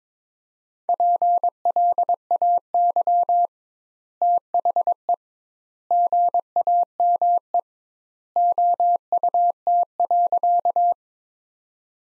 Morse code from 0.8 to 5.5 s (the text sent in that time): PLAY THE